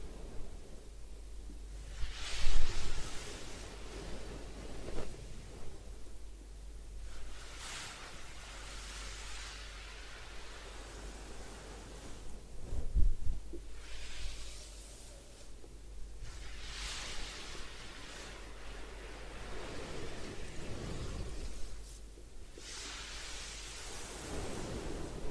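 A head spa hair wash with massage: soft rubbing and rustling on hair, rising in bright hissy swells every few seconds, around 2, 7, 12, 16, 19 and 23 seconds. A low steady hum runs underneath, with a couple of sharper bumps near 3 and 13 seconds.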